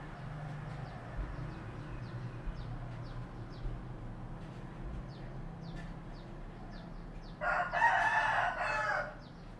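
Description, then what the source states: Chicken: rooster crowing once near the end, a loud harsh drawn-out cock-a-doodle-doo after several seconds of low rumbling background noise. Male.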